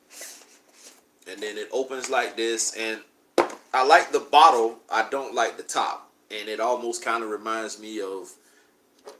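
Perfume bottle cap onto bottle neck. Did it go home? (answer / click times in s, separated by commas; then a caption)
no / none. Someone talks while a plastic perfume cap is handled and fitted toward the neck of its bottle, with a few faint handling knocks under the voice. The clip ends before the cap goes home, so nothing has seated or clicked yet.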